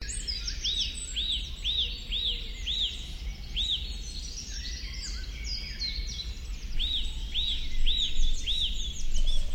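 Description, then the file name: Eurasian nuthatch giving quick runs of arched, piping whistled notes over a constant low rumble. "Sitta europaea"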